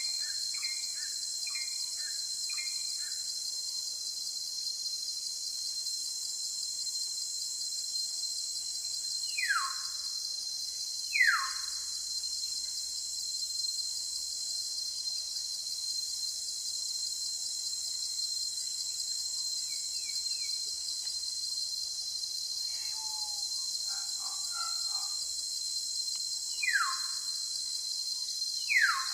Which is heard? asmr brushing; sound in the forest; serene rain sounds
sound in the forest